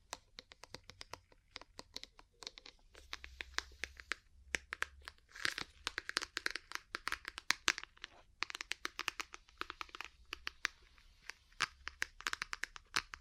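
Ear cleaning sounds: a dense run of sharp crackles and rapid taps fills the whole stretch, with bursts of bright, crinkly rustling around the fifth to sixth second and again after the eighth. A soft low rumble comes and goes underneath.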